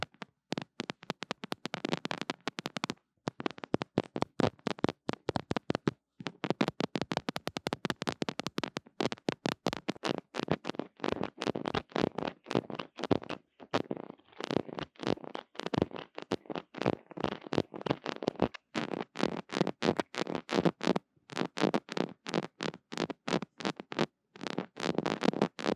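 Rapid tapping and scratching on a mini mic, a dense train of sharp, crisp hits running the full length with almost no let-up. The strikes come fast and uneven, bright and full, with brief gaps near 3, 6 and 14 seconds.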